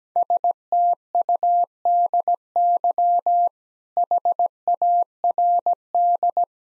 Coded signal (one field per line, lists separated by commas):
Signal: Morse code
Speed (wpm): 17 wpm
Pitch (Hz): 700 Hz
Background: none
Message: STUDY HARD